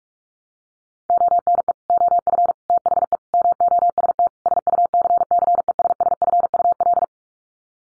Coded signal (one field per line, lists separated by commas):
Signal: Morse code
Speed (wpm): 44 wpm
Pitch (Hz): 700 Hz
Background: none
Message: ONE OF THE MOST SUCCESSFUL